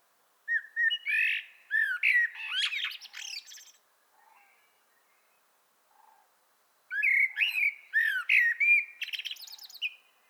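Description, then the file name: Common blackbird song: two rich, fluting warbled phrases, each ending in a high squeaky twitter, separated by a few seconds of quiet. "Turdus merula"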